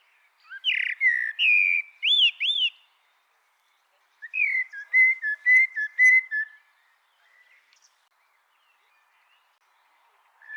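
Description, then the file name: Eurasian blackbird singing two mellow fluted phrases, the first with rising and falling swooping whistles, the second a run of clear whistled notes closing in thin high twitters. "Turdus merula"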